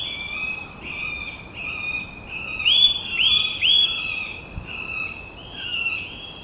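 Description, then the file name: Eurasian nuthatch giving a series of clear whistled calls, with three louder upslurred ones in quick succession midway. "Sitta europaea"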